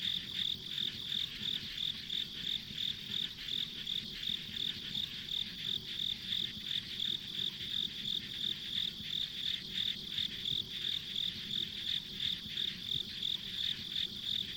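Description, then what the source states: Insect chirping throughout, with sharp high pulses in a regular rhythm of about three a second and a continuous background buzz of many insects. Ambient insect sounds on a country road.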